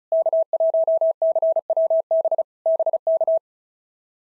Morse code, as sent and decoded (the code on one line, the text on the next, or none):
-.- .---- -.-. .-- -... / -... -.-
K1CWB BK